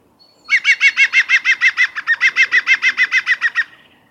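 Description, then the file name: European green woodpecker giving its laughing song, a rapid, even run of many ringing notes lasting about three seconds. "LE-CHANT-DU-PIC-VERT- -GREEN-WOODPECKER-SINGING"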